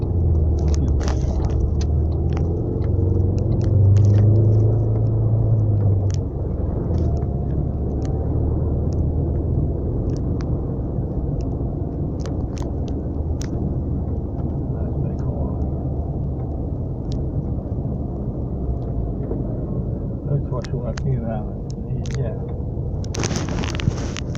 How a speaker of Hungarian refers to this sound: Na, a forgalom. Hát, nincs a Becsei úton, terelik át. Hát nagy a forgalom, hát.